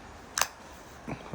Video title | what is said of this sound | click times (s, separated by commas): Fixing a Milwaukee Circular Saw | I hope you heard that satisfying click | 0.4 s